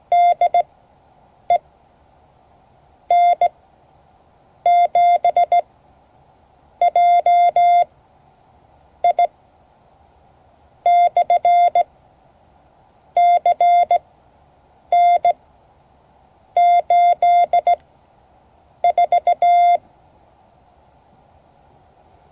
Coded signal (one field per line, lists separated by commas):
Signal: Morse code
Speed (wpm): 16 wpm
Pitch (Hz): 700 Hz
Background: none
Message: DE N7JI/CN84